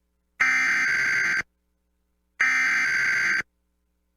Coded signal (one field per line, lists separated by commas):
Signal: Emergency Alert System (SAME) tones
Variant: header bursts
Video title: EAS Winter Storm Warning Haines, Alaska (1 Foot of Snow and Rainstorm) NOAA Weather Radio WXM97